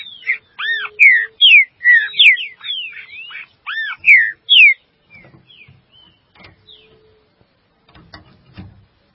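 Green-winged saltator whistling a loud run of slurred, swooping notes, then only soft faint notes and a few clicks.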